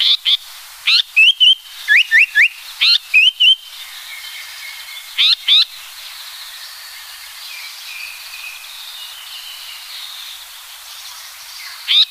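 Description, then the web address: Japanese paradise flycatcher song with scratchy notes and clear rising whistles in quick groups of three, then a pause with soft background birdsong before harsh notes resume. "sikioto. sankoucho"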